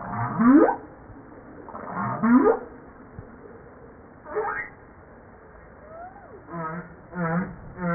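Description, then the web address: Humpback whale song, a sequence of rising harmonic sweeps, a falling whistle, then several pulsed buzzy units in quick succession. Recorded 5 March 1994 at 09:52; from a 2013 JASA publication. "pub JASA 2013 Blue Bowhead Fin Humpback Southern Right Whale humpback-01 940305-0952"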